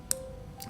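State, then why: Seated. The folding clasp of the steel five-piece bracelet on a 2021 Omega Speedmaster Professional Moonwatch Sapphire Sandwich is pressed shut onto its compact buckle with micro adjustments. It latches with a sharp, solid click at 0.1 s, followed by two softer ticks near 0.6 s and 0.7 s over faint background music. The clasp is closed and latched.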